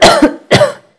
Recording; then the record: coughing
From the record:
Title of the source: Coughing Woman Sound - Woman Cough Sound Effect